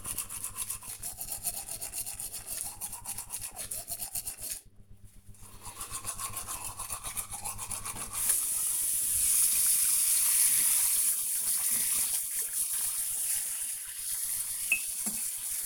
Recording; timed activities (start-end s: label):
household activities, microphone on the right wrist
0.00-15.66 s: brushing teeth